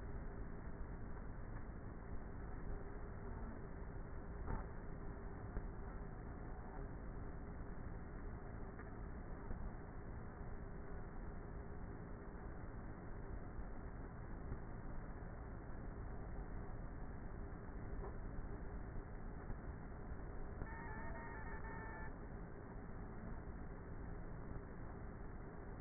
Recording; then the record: honeybee colony, microphone inside the hive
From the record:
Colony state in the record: queenless with a low population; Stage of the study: before two queens were removed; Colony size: about 30,000 bees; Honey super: no